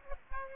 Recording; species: mosquito wingbeat signal from an infrared sensor; Aedes aegypti